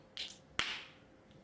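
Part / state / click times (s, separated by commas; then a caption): replacement lens into sunglasses frame / seated / 0.2 s, 0.6 s. The exposed edge of a plastic replacement lens is pushed down into the frame groove of a pair of Oakley Jupiter LX sunglasses until it snaps in. Two sharp clicks are heard at 0.2 s and 0.6 s, the second louder and brighter, with a brief ringing tail. The clicks signal that the lens is seated and secure in the frame.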